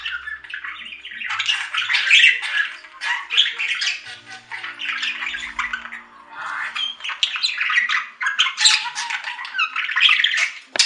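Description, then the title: Budgerigar warbling chatter, near-continuous buzzy squawks and twittering phrases for the whole stretch. "Budgie Sounds"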